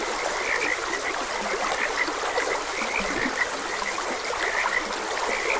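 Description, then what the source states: Chorus of frogs, quick bright croaks popping up every moment over the broad hiss of a stream. Frogs croaking beside a gentle stream.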